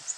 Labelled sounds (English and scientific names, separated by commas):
Orange-crowned Warbler (Leiothlypis celata) flight call